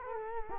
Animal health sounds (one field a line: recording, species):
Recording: mosquito wingbeat signal from an infrared sensor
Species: Culex quinquefasciatus